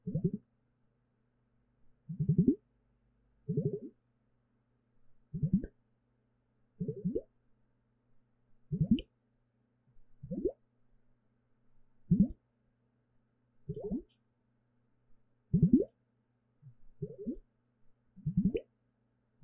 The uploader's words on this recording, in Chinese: 水聲咕嚕咕嚕 | Relaxing Water Sounds | NoTalking。